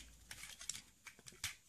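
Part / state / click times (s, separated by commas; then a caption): transforming figure torso part into its slots on the figure body / not seated / none. A torso part of a plastic Transformers Combiner Wars Motormaster figure is handled during transformation, being pushed toward its slots on the figure body. Light plastic taps and rustles are heard, with sharper ticks near 0.3, 0.7, 1.3 and 1.4 seconds. Nothing has seated or clicked into place yet.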